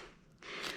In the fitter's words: and you'll hear it it'll click and you'll see that the frame has moved and then this part here